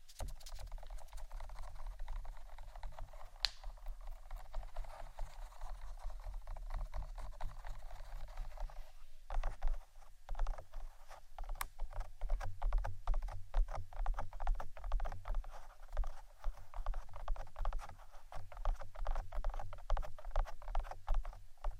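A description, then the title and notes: Light tapping runs throughout, with two textures: a softer, scattered patter for the first nine seconds, then after a brief pause a denser, crisper run of quick taps. A low steady hum sits underneath, and a couple of sharper clicks stand out near three and eleven seconds. ASMR 2 Types Of Tapping（No Talking）.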